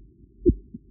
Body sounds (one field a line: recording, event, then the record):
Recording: neck accelerometer signal played as sound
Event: voluntary cough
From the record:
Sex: female